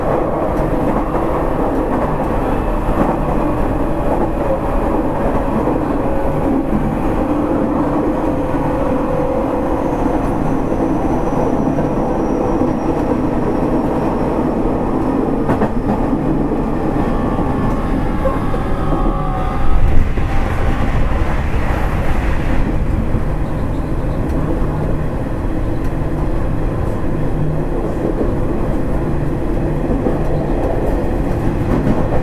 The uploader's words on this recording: 西鉄3000系 急行 久留米から二日市まで. 西日本鉄道 3000系電車の走行音です。 大牟田線の急行列車で録音しました。 Running noise of Nishitetsu 3000 series train.